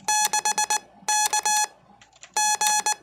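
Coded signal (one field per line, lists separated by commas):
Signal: Morse code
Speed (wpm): 19 wpm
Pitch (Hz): 850 Hz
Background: none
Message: 6K G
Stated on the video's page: Livestreamed CW practice between amateur operators, one still learning Morse.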